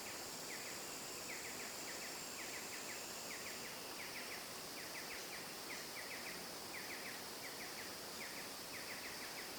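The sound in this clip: Bird calling in brisk repeated bursts of short high notes, set against a continuous buzzing insect chorus.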